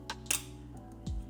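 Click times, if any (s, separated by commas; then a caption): 0.3 s. A SO-DIMM memory module is pressed down into the memory slot of an ASUS FX505GT laptop during a 32GB memory upgrade until the metal side clips catch it. Over quiet background music, a soft tick comes at 0.1 s, then one sharp, loud snap at 0.3 s, followed later by a duller low thump. The module snaps into the retaining clips at 0.3 s and is seated.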